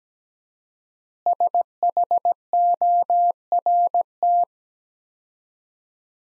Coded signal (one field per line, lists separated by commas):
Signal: Morse code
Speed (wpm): 17 wpm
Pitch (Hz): 700 Hz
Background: none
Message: SHORT